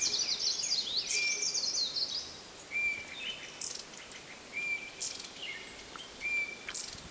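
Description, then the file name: Eurasian bullfinch call notes: short, plain, steady whistles repeated at uneven intervals, mixed with high twittering from other birds that is busiest at the start. "Pyrrhula pyrrhula"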